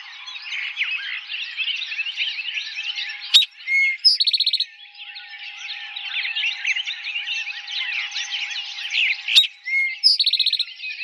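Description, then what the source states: Eastern towhee singing twice, each phrase a sharp note and brief whistle followed by a quick buzzy trill, over a busy backdrop of chirping and twittering. Recorded on 4 January 2007.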